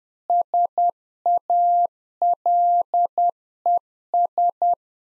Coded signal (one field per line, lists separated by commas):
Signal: Morse code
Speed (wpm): 10 wpm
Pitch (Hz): 700 Hz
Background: none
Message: SALES